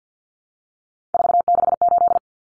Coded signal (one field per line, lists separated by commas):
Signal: Morse code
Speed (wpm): 50 wpm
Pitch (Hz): 700 Hz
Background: none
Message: 468